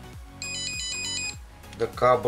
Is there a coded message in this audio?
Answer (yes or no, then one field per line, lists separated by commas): no